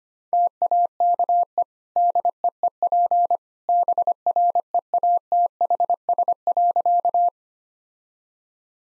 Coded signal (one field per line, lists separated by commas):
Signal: Morse code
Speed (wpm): 25 wpm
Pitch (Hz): 700 Hz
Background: none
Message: TAKE DEEP BREATHS.